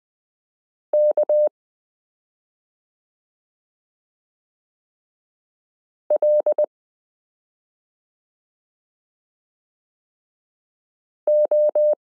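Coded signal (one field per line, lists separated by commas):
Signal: Morse code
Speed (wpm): 20 wpm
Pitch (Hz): 600 Hz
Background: none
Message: K L O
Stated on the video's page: Morse listening lesson 12 in a Koch-method variation, adding the period to characters m k r s u a p t l o w i.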